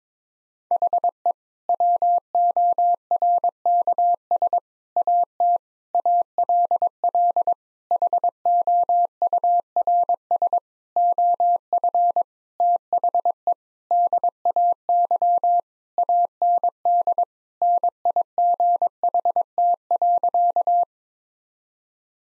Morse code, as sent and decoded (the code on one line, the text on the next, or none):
.... . / .-- --- .-. -.- ... / .- - / .- .-.. .-.. / .... --- ..- .-. ... / --- ..-. / - .... . / -.. .- -.-- / .- -. -.. / -. .. --. .... - .-.-.-
HE WORKS AT ALL HOURS OF THE DAY AND NIGHT.